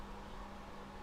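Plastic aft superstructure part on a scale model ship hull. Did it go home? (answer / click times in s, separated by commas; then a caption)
no / none. A plastic aft superstructure part for a Revell 1/144 scale Flower Class Corvette model kit with a Pontos detail set is handled over the ship's hull, where it is meant to be pressed on and snap into place. Only a steady, even background hum with a faint low tone near 200 Hz is heard, with no sharp sounds and no talking. Nothing has seated or clicked yet.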